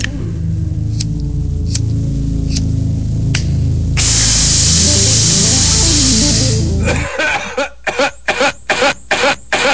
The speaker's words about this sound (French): Le briquet.